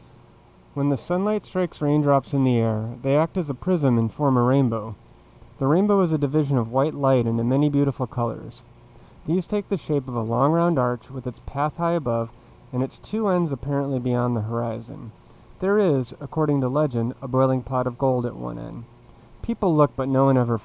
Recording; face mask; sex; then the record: reading aloud; surgical mask; male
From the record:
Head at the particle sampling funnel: facing it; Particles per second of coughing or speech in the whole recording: 0.209